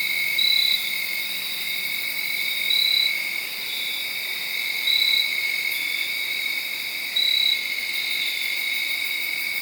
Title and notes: Crickets (field recording). late on Saturday night/Sunday morning. The location was in Sharon, Pennsylvania, under a tree. around 12:00 in the morning